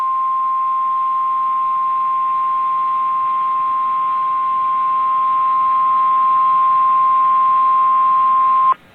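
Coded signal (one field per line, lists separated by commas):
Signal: Emergency Alert System (SAME) tones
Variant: 1050 Hz attention tone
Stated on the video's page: Real flash flood warning tones issued by NWS Las Vegas.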